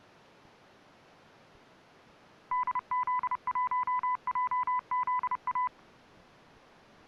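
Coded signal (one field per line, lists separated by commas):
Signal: Morse code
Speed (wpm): 30 wpm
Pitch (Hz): 1000 Hz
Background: none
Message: DZ1JZA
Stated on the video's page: Radio reception recorded on a Retekess V115 or Sihuadon D-808 receiver with a smartphone.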